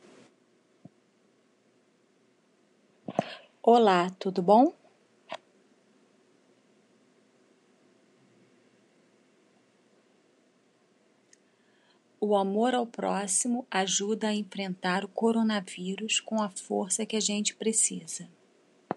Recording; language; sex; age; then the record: spoken sentence; Brazilian Portuguese; female; 50 to 59 years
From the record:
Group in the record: control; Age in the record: 53 years